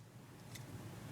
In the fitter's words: and it snaps when it's locked into place